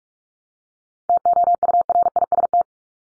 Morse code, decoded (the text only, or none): TOURIST